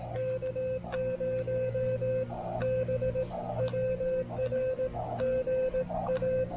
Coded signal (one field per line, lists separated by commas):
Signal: Morse code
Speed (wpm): 18 wpm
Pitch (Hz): 520 Hz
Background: music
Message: K0BWR GA